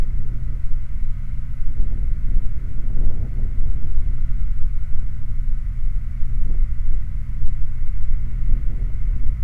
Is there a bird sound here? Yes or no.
no